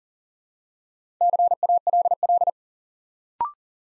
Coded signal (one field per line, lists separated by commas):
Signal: Morse code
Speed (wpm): 38 wpm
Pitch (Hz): 700 Hz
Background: none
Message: CALL